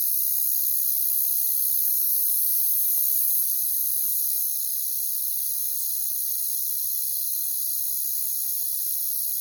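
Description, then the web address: Crickets chirping in a dense, steady high-pitched chorus that continues without a break; no other sounds stand out. "ENTER Music and Audio J - Nature Songs Nature Sounds Sounds of Nature Collection Crickets"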